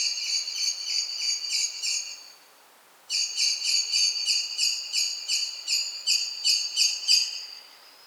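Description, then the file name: Common blackbird uttering brisk chinking notes in two long runs split by a brief silence, the second run lasting five seconds. "Turdus merula"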